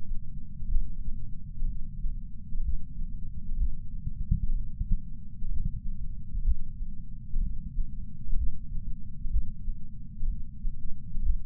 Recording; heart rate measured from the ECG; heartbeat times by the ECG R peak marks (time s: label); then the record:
heart sounds by patch sensor on the chest; 63 bpm
0.67 s: heartbeat
1.65 s: heartbeat
2.61 s: heartbeat
3.56 s: heartbeat
4.53 s: heartbeat
5.48 s: heartbeat
6.42 s: heartbeat
7.39 s: heartbeat
8.34 s: heartbeat
9.29 s: heartbeat
10.26 s: heartbeat
11.21 s: heartbeat
From the record:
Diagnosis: coronary artery disease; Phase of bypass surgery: postoperative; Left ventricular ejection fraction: 68.2%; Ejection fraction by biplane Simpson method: 62.7%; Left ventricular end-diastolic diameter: 48 mm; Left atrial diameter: 40 mm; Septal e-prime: 8.6 cm/s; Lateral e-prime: 10.2 cm/s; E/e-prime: 10.9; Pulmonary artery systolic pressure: 38 mmHg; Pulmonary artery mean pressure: 18 mmHg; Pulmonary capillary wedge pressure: 11 mmHg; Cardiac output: 6.45 L/min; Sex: male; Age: 57 years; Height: 175 cm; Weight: 80 kg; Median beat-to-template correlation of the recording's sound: 0.76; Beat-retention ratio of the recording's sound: 0.99